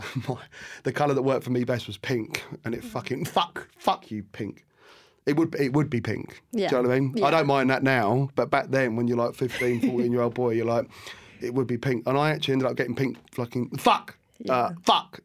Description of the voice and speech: Tourette’s Syndrome – a condition that causes a person to make involuntary sounds and movements called tics.